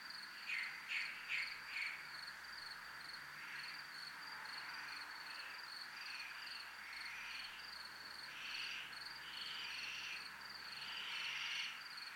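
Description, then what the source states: Cricket chirping, a steady high pulsed trill repeating without pause, with louder, lower swelling bursts rising and fading beneath it. Recorded in a military zone (zona militar).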